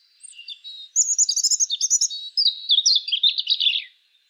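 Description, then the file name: European robin song: a quick tumbling phrase of high, thin, varied warbled notes with a faint squeaky note just before it, about three seconds long. "Erithacus rubecula"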